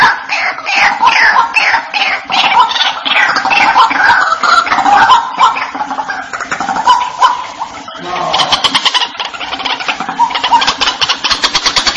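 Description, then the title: White-breasted waterhen calling: a run of harsh, descending croaks repeated many times. "Panggilan Burung Ruak Ruak"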